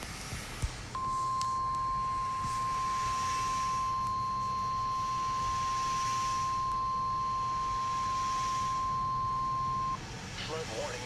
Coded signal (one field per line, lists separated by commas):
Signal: Emergency Alert System (SAME) tones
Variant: 1050 Hz attention tone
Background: speech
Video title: River Flood Warning EAS #76